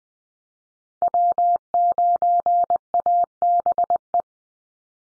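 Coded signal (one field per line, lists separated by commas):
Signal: Morse code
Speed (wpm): 20 wpm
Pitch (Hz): 700 Hz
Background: none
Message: W9ABE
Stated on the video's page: Head-copy drill of USA call signs sent at 20 wpm, each sent in Morse, then spoken, then sent again.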